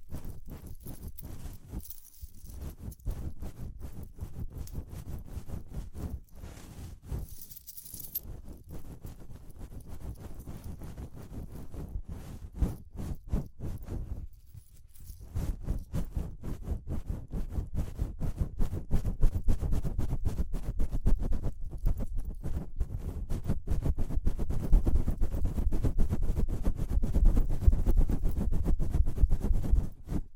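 Dense, rapid tapping and scratching for ear cleaning, low and rumbly, with brief pauses near 2, 8 and 15 seconds, growing louder later on.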